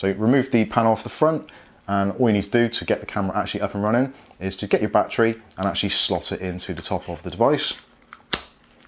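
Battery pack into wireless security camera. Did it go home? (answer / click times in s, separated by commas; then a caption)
yes / 8.3 s. Someone talks while the rechargeable battery pack is slotted into the top of a Reolink Argus 2 wireless IP security camera housing, with the front panel removed, and pushed home. A sharp plastic snap is heard at 8.3 s as the battery locks firmly into place.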